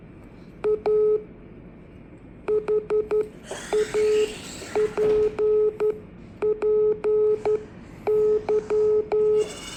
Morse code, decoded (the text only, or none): A HAPPY